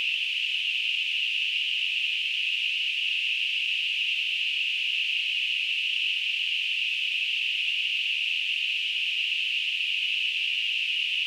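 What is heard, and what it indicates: A steady, unbroken high-pitched hiss centred around 2.5 to 3 kHz runs for the full eleven seconds at constant loudness, with nothing below. It is a simulated tinnitus sound, imitating the continuous narrow-band ringing or hissing heard in the ear.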